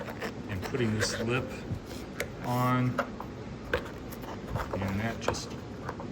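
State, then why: Not seated. Someone talks while reaching under the cowl of a Jeep CJ7 and pressing the lip of a new rubber cowl weatherstrip from Fairchild Industries onto the body flange. Soft scraping and rubbing sounds come with brief sharp ticks near 3.7, 4.7 and 5.9 seconds. The seal is only being handled and nothing has seated yet.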